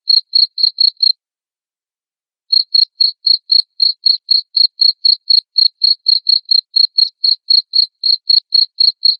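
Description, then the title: Cricket chirping in regular high pulses, pausing briefly after the first second, then continuing at about four chirps a second. Loud cricket chirping played to make lovebirds sing (ngekek) continuously. "Suara JANGKRIK NGERIK Keras Bikin LOVEBIRD Jadi NGEKEK Terus Vubey"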